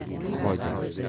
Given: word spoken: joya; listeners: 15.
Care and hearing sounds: one Spanish word in noise, from a listening test; eight-talker babble; -1.2 dB; 3 of 15; 8 of 15; 0.69 s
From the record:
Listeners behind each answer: 8, 3, 1, 1, 1, 1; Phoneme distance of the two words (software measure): 7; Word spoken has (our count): 2 syllables, 4 phonemes, stress on syllable 1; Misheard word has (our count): 2 syllables, 5 phonemes, stress on syllable 1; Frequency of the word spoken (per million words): 6.55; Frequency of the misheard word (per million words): 13.05

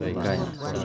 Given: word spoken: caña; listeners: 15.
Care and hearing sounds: one Spanish word in noise, from a listening test; eight-talker babble; 0.7 dB; 0 of 15; 7 of 15; 0.45 s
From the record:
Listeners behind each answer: 7, 2, 1, 1, 1, 1, 1, 1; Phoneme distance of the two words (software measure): 31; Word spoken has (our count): 2 syllables, 4 phonemes, stress on syllable 1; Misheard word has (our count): 3 syllables, 7 phonemes, stress on syllable 2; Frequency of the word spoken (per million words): 13.73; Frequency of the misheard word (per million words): 0.68

